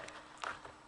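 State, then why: Released. A plastic trim clip on a car door panel is pulled loose from the door frame as the panel is tugged at another spot. A sharp snap is heard at 0.4 s, with fainter knocks around it, and the panel comes loose at that point.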